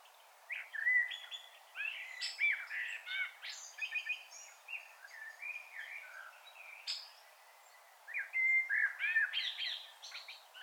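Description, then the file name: Common blackbird song: a series of soft fluted warbling phrases mixed with high twittery notes, repeated throughout over a faint hiss. "Turdus merula"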